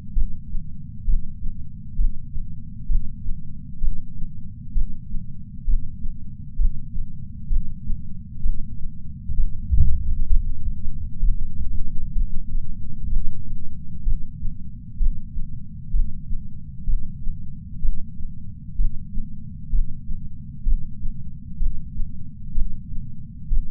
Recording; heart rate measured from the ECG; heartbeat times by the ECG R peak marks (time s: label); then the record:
heart sounds by patch sensor on the chest; 64 bpm
0.12 s: heartbeat
1.03 s: heartbeat
1.94 s: heartbeat
2.85 s: heartbeat
3.78 s: heartbeat
4.71 s: heartbeat
5.63 s: heartbeat
6.55 s: heartbeat
7.46 s: heartbeat
8.40 s: heartbeat
9.33 s: heartbeat
10.26 s: heartbeat
11.18 s: heartbeat
12.11 s: heartbeat
13.06 s: heartbeat
14.02 s: heartbeat
14.96 s: heartbeat
15.89 s: heartbeat
16.83 s: heartbeat
17.79 s: heartbeat
18.74 s: heartbeat
19.68 s: heartbeat
20.62 s: heartbeat
21.56 s: heartbeat
22.52 s: heartbeat
23.47 s: heartbeat
From the record:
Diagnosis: coronary artery disease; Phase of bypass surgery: intraoperative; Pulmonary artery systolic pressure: 22 mmHg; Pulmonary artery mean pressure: 15 mmHg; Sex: female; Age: 60 years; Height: 158 cm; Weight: 54 kg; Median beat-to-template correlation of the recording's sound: 0.93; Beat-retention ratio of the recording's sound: 0.95